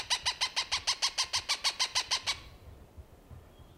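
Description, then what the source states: Cooper's hawk calling a rapid run of many harsh, evenly spaced notes, stopping after about two seconds. Recorded June 21, 1995.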